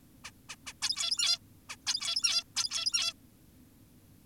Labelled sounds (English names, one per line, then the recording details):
Zebra Finch
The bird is an adult
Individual g17y2U